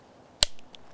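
A plastic hanger is pressed back onto the original knife sheath and snaps on with one sharp, bright click at 0.4 s. Two much fainter ticks follow at about 0.6 s and 0.8 s. The hanger is seated.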